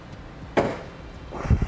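On a 2018 Toyota Prius, the factory plastic wiring connector in the vehicle harness is separated by pressing its locking tab and pulling the halves apart. A sharp snap at 0.6 s marks the halves releasing, followed by a few dull low thumps around 1.5 to 1.6 s. The connector comes apart.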